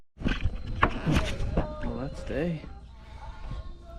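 A replacement plastic exterior A-pillar trim piece is pressed onto the A-pillar of a 1994 SN-95 Mustang and snaps in with a sharp click at 0.8 s. Someone talks over the fitting. The trim is seated, going on very easily.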